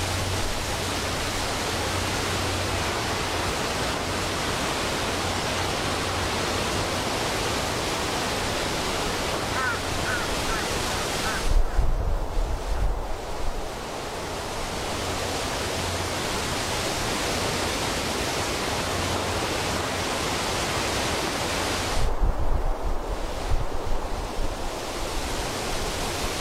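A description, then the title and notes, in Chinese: Wind moves through a forest in a dense, steady rush that fills the air. Around 11 and again near 22 seconds, stronger gusts push through with low buffeting thumps, then the hiss briefly thins before settling back to its constant roar. 森林间的风。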